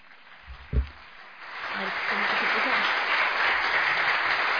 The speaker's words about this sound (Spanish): Unos aplausos, estoy preparado.